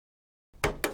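A metal I/O shield is pressed into the rear panel opening of a PC case, two ends at a time, until its corner tabs snap through. After about half a second of silence, low rustling leads into two sharp, bright snaps at 0.6 and 0.8 seconds. The shield is seated, with all four corners through.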